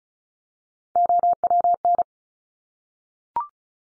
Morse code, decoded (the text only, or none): OWN